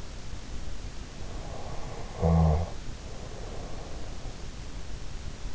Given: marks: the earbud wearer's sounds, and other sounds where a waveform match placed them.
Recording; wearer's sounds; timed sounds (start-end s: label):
sounds in sleep by an in-ear microphone; snoring breath
1.29-4.20 s: snoring breath